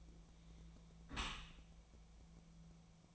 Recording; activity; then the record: daily activity, microphone in the room; close dishwasher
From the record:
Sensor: 1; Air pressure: 1000.5 hPa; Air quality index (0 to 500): 181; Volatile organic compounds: 4 ppm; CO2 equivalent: 1666 ppm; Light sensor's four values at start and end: 11/27/11/13 and 11/27/11/13